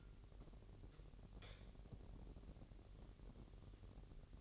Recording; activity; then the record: daily activity, microphone in the room; light on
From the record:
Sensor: 4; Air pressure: 1012.7 hPa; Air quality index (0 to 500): 245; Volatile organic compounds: 4 ppm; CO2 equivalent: 1670 ppm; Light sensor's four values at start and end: 15/34/14/14 and 17/44/17/19